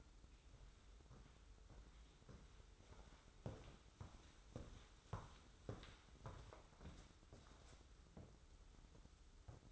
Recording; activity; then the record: daily activity, microphone in the room; walk to room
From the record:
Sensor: 3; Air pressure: 994.3 hPa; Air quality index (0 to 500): 204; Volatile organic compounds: 1000 ppm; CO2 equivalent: 6782 ppm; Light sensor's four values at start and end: 97/227/93/87 and 93/219/90/84